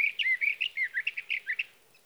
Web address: birdsongforthecurious Sage Thrasher